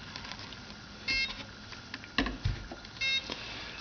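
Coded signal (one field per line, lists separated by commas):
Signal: beep code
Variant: Align ESC programming beeps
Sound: two separate buzzy beeps about two seconds apart, with clicks and bumps between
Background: handling clicks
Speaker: you're gonna hear it beep once one beef five times and i want low stick so i got low stick on number one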